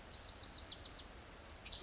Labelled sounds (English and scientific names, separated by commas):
Bewick's Wren (Thryomanes bewickii)